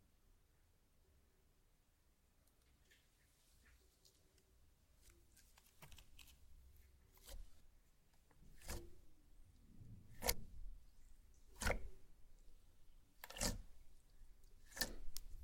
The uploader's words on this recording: ASMR SLIME! 5 Satisfying Slimes.